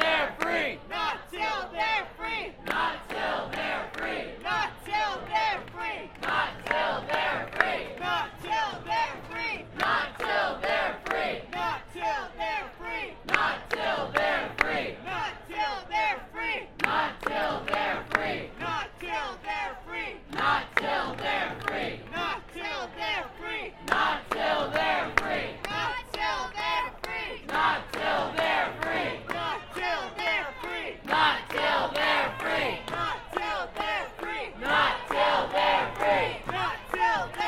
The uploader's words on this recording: SeaTac Immigration/Travel Ban Protest: Not 'Til They're Free. Field/protest recording Sea-Tac Airport Immigration/Travel Ban Protest. Source: DPA 4060 mics (used as binaural) -> Sound Devices 702.